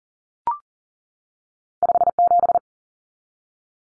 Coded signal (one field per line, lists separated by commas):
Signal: Morse code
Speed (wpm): 40 wpm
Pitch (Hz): 700 Hz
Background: none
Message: 57